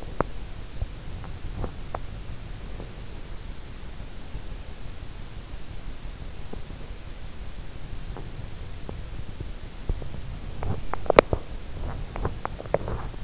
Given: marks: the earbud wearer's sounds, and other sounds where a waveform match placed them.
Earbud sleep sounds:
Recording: sounds in sleep by an in-ear microphone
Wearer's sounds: teeth grinding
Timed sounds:
0.00-2.37 s: teeth grinding
7.83-13.24 s: teeth grinding

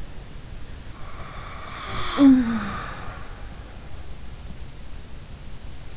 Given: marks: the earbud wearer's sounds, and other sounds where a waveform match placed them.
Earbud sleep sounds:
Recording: sounds in sleep by an in-ear microphone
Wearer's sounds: breath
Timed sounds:
1.01-3.31 s: breath
1.82-3.41 s: sound from someone else or the room
5.56-5.97 s: sound from someone else or the room

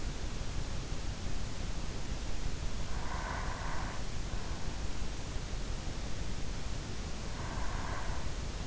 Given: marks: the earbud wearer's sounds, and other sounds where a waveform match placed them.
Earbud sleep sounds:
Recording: sounds in sleep by an in-ear microphone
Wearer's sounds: breath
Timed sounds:
2.59-4.42 s: breath
7.14-8.67 s: breath

